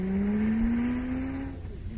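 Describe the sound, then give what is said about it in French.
A Toyota, a Japanese car, revs its engine with a loud, steady hum that climbs gradually in pitch for about a second and a half, then eases off and fades slightly. No one speaks. “Et ça, c'est une Toyota.”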